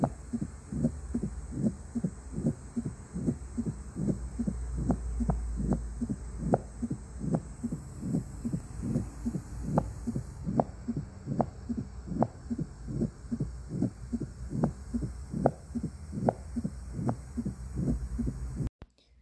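Regular heartbeat near 74 per minute with a low-pitched rumble filling all of diastole, the holodiastolic murmur of mitral stenosis, with presystolic accentuation at the end of diastole. Best heard at the apex, sixth intercostal space at the left midclavicular line, radiating to the axilla; accentuated by the Valsalva maneuver or exercise.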